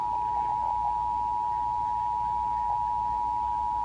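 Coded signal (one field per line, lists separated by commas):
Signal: Emergency Alert System (SAME) tones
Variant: 853 and 960 Hz attention tone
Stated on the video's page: Required Monthly Test EAS alert.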